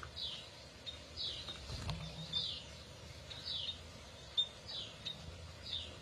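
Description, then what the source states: Atlantic canary calls: a run of high, down-slurred chirps roughly once a second, over a low background rumble. Kenari F1 Ys bird; used as therapy for a canary that has stopped singing (macet).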